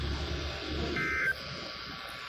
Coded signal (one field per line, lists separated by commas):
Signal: Emergency Alert System (SAME) tones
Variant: end-of-message bursts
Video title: MORE TESTING... EAS Tests from 3/1/2021-3/31/2021 (EAS #492-501)